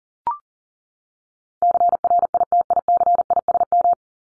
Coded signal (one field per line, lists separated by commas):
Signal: Morse code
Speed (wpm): 40 wpm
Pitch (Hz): 700 Hz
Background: none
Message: CRITICISM